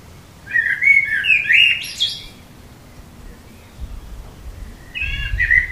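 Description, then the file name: Common blackbird song: a rich fluted warble with a squeaky high finish, then a shorter phrase near the end over low rumbling. "Turdus merula"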